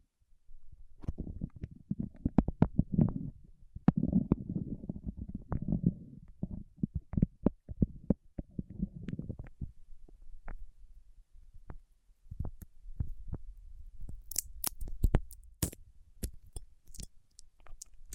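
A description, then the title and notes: Wax worked between fingertips gives soft, sticky squelches packed densely through the first nine seconds, broken by sharp little clicks. After that the squishing thins to scattered taps and pops, with a few brighter crackles clustering around fourteen to sixteen seconds. ASMR with Wax Fingertips for Sleep (No Talking).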